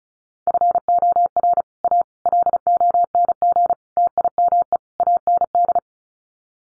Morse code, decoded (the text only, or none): FOR A LONG TIME AND